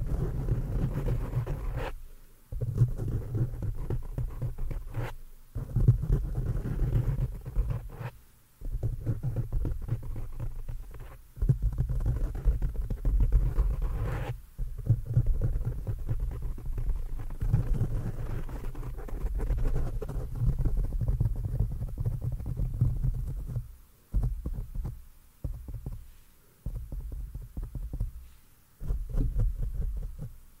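Hands move and brush against a microphone, making low, muffled rubbing and thumping sounds that come and go without a steady rhythm. Brief silent gaps break the texture every few seconds, and the sound is mostly dull and deep with little brightness.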